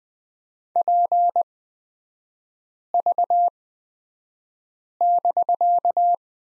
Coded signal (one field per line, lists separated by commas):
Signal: Morse code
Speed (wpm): 20 wpm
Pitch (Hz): 700 Hz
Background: none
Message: PV<BK>